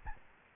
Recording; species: mosquito wingbeat signal from an infrared sensor; Aedes albopictus